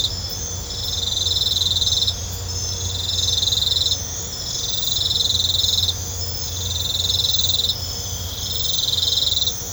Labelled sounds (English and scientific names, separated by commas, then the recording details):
none
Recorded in pastures near Puerto Asís, Putumayo, Colombia, on 21 December 2024 at 00:00
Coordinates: 0.502, -76.324
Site G077